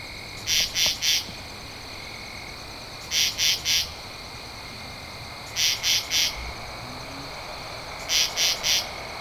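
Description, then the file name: Katydid repeating raspy triple pulses, four sets roughly every two and a half seconds. Recorded on 2 October 2012. "Katydid-20121002"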